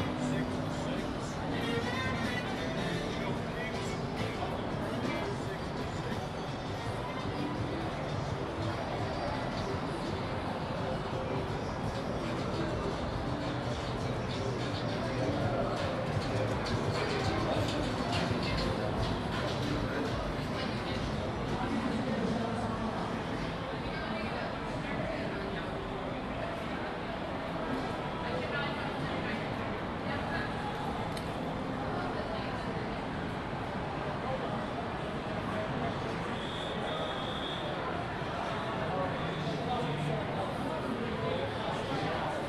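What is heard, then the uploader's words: A Saturday-evening stroll along Orange Avenue and Church Street in Orlando, Florida: a steady, dense blend of many voices talking and chattering, with a constant low rumble of traffic underneath. The level stays even throughout, with no single sound standing out. This binaural audio recording captures a Saturday-evening stroll down Orange Avenue and Church Street in Orlando, Florida during the pandemic.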